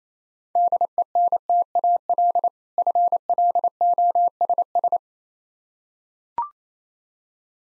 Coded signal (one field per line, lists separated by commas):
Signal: Morse code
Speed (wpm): 27 wpm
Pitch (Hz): 700 Hz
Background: none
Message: DENTAL FLOSS